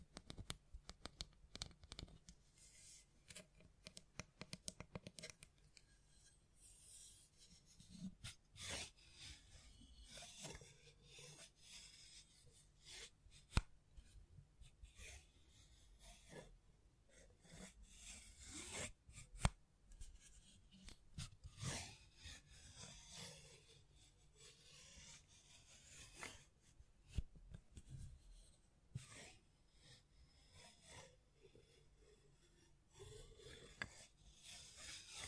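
Hands tap, scratch and brush against a microphone in a busy, irregular stream of rasping rubs and sharp knocks. Sounds come in dense clusters with brief lulls, scratchy and bright on top with soft thumps underneath, and occasional louder taps around the middle.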